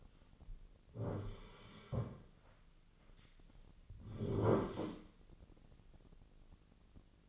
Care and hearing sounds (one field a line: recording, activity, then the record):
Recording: daily activity, microphone in the room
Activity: sit down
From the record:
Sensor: 4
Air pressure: 1010.0 hPa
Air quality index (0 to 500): 197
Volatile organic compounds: 3 ppm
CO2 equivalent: 1413 ppm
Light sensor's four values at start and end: 38/94/39/42 and 39/95/40/43